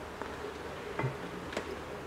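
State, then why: Not seated. On a 2013 Skoda Octavia 1.2 turbo during a water pump replacement, the plastic coolant hose quick connector, with its locking clip back in position, is pushed onto the water pump outlet. Three short knocks sound at about 0.2 s, 1.0 s and 1.6 s over a steady low hum. The connector has not clicked or seated; silicone grease is suggested to get it on.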